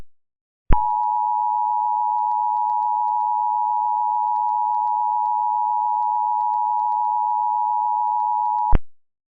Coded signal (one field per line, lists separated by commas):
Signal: Emergency Alert System (SAME) tones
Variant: 853 and 960 Hz attention tone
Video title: EAS Mock/Invincible Meme: Are You Sure?